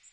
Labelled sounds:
Magnolia Warbler (Setophaga magnolia) flight call

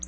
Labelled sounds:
Black-throated Blue Warbler (Setophaga caerulescens) flight call

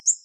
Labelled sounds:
Ovenbird (Seiurus aurocapilla) flight call

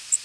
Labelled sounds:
Blackburnian Warbler (Setophaga fusca) flight call

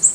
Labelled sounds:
Golden-winged Warbler (Vermivora chrysoptera) flight call

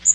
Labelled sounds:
Magnolia Warbler (Setophaga magnolia) flight call

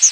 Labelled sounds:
Chestnut-sided Warbler (Setophaga pensylvanica) flight call

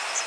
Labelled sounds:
Blackburnian Warbler (Setophaga fusca) flight call

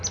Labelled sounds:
Palm Warbler (Setophaga palmarum) flight call

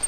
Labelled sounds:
Grace's Warbler (Setophaga graciae) flight call

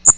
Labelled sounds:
Magnolia Warbler (Setophaga magnolia) flight call

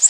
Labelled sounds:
Orange-crowned Warbler (Leiothlypis celata) flight call

